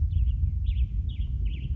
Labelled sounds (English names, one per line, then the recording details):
American Robin
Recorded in Sonoma County, California